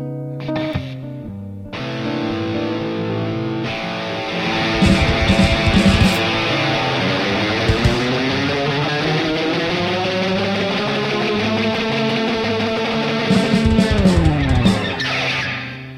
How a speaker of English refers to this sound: Because I'm gonna turn on the metal then. I'm gonna turn on the most extreme metal. These are the heavy tones. Jeez.